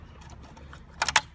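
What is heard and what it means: A plastic A/C vent duct is pushed into the dash bezel opening of a 2005–2010 Chrysler 300 / Dodge Charger and snaps into place with no screws. After a quiet stretch with a faint tick near 0.7 s, sharp plastic snaps are heard at 1.0 s and 1.2 s, with a smaller click between them. The duct is seated.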